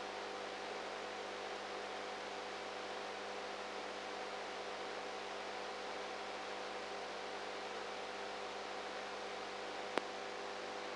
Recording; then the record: brain microelectrode recording played as sound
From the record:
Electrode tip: outside the subthalamic nucleus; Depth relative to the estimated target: 0 mm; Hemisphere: right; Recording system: NeuroSet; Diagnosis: Parkinson's disease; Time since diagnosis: 19 years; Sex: female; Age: 58 years